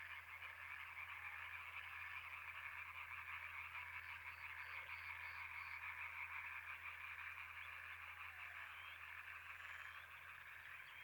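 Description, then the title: European tree frog chorus, a dense continuous mass of rapid croaks blending into a steady rattling din, with a low steady hum beneath. Chorus at Étang des Marguilliers pond, Sologne, France, 21 May 1993, one hour after nightfall, intense calling activity. "Choeur de rainettes en Sologne"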